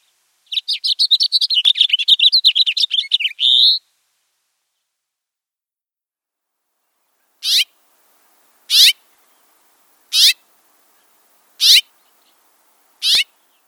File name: House Finch